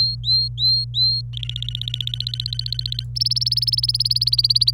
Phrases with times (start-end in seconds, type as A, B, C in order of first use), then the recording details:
0.00-1.21 A, 1.33-3.03 B, 3.16-4.71 C. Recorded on 26 April 2018 at 12:22. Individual llb3